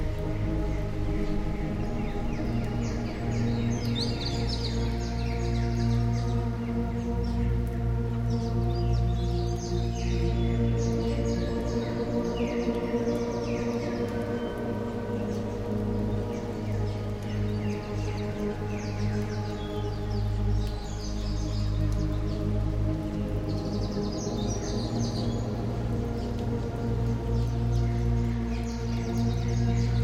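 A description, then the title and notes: Birds chirp in short bright bursts throughout, with clusters of calls around 2–4 seconds, 10–13 seconds and again near 20 and 25 seconds. Underneath, a dense bed of steady sustained low tones hums without pause, even in loudness from start to finish. Birds in Japan with Binaural Beats.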